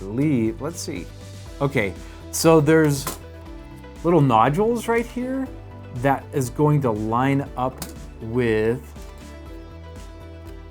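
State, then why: Not seated. A plastic 35mm film holder is lined up by its small nodules with the holes underneath in the tray of an HP FilmScan digital film scanner, before it is pressed in. Someone talks over steady background music while it is handled. Nothing has seated or clicked yet.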